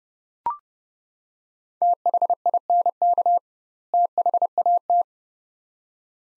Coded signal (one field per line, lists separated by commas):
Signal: Morse code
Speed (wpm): 29 wpm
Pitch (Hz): 700 Hz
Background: none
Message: THINK THAT